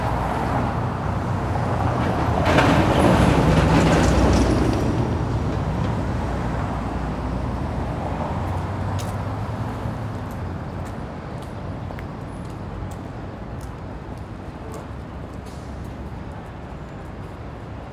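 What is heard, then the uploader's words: Downtown street ambience with a constant deep rumble of traffic. A heavy vehicle, rail-like in character, roars past in the first five seconds, then fades. Afterward a steadier wash of traffic remains, dotted with small sharp clicks and taps. Downtown City Street Ambience.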